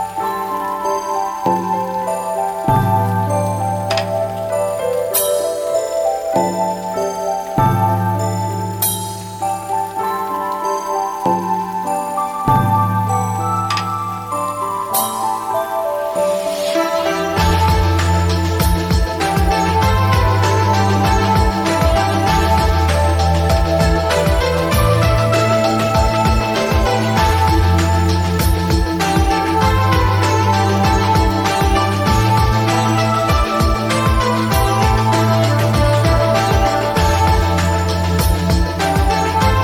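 Instrumental music opens with sparse bass notes and bright plucks, then at about seventeen seconds fills out into a dense, steady texture with ticking beats.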